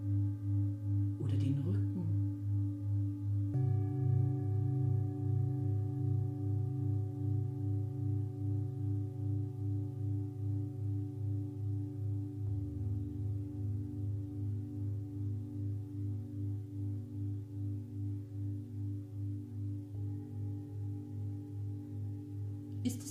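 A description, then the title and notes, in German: Singing bowls ring in a low, sustained hum with a steady wobbling pulse throughout. A brief clatter near the second mark and a new strike around four seconds thicken the tone, with further layers shifting in near twelve and twenty seconds. A sharp tap ends it. Das Gesunde in mir mit Klangschalen stärken.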